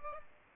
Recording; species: mosquito wingbeat signal from an infrared sensor; Aedes albopictus